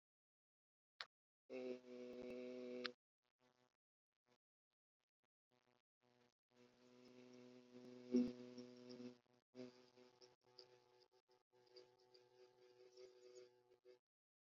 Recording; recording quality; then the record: sustained vowel as in made; moderate, slight background noise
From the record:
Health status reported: healthy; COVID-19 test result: negative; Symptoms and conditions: sore throat, fatigue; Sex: male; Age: 34 years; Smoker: yes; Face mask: not worn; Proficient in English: yes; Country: India